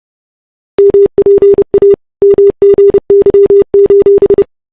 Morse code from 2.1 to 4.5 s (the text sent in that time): MGY: